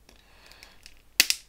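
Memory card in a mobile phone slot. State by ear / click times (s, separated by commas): seated / 1.2 s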